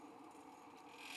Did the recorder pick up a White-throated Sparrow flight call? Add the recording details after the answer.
no. No flight call is heard. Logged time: 02:49 on 5 December 2014